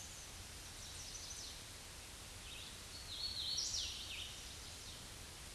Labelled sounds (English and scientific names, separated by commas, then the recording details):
Hooded Warbler (Setophaga citrina) song
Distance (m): 25 m
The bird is about level with the microphone
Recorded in a Pennsylvania forest on 16 May 2024 at 08:09
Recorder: AudioMoth, point MSD-0192
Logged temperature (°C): 16.0 °C
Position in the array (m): 181 m, 75 m